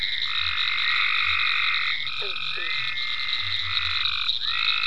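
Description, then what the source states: Overlapping frog trills, a couple of short chirps, and low rhythmic croaking beneath a steady high hum. Frogs in ponds at Venaura farm, recorded 27 May 2010.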